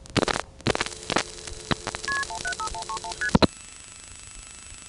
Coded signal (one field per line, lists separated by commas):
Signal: multi-frequency trunk signalling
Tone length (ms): 80 ms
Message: KP15131ST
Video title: Dialing the "1xx" Codes from Greenville NC Coin Phones part 2, 1978;1980